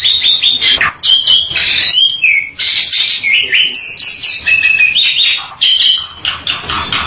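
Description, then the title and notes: Bird song of varied whistled notes and slurred phrases, delivered almost continuously with brief gaps. "Bird Sound. Kicau Burung Lengkap"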